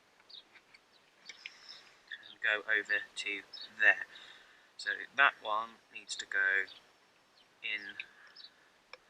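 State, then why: Seated. An ignition HT lead is pushed into a coil pack terminal on a Rover 25 (MJ) with a 1.4 K series engine while someone talks. At 8.9 s a single sharp click is heard as the lead seats in the terminal.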